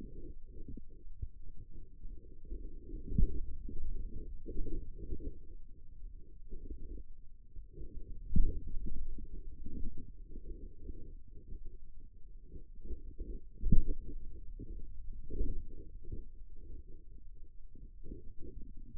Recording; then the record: forearm muscle sounds (acoustic myography)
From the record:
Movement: finger pinch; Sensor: system 2, bracelet of six BSWA MPA416 microphones around the upper forearm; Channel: 6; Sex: male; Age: 22 years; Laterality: right